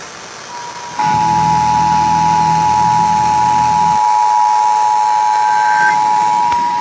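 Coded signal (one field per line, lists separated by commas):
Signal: Emergency Alert System (SAME) tones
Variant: 853 and 960 Hz attention tone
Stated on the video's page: Pennsylvania Required Monthly Tests received from several FM, TV and AM broadcast stations.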